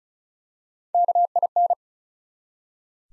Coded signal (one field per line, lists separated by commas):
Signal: Morse code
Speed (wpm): 36 wpm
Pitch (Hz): 700 Hz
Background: none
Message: KIN